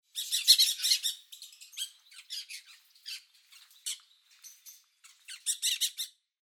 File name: Rotzuegelsittich Pyrrhura picta